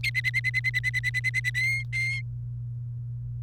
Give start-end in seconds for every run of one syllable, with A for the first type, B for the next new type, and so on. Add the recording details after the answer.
0.03-1.50 A, 1.54-2.21 B. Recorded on 29 April 2018 at 11:52. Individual llb3